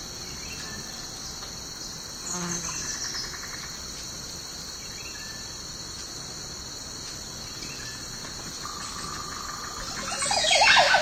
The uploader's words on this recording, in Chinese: 晨起森林太阳升起。